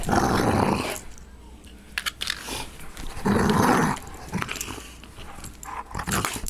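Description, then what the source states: Dog play growl: several bursts of rough, throaty growling. Play growl, a growl made during play.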